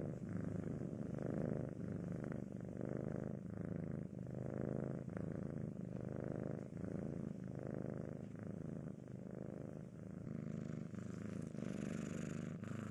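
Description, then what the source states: Cat purr, a dense low drone that swells and fades gently, with faint rustling near the end. Domestic cat heard eating, sleeping and playing.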